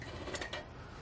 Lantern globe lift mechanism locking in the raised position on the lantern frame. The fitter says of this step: Okay, so it locks in place.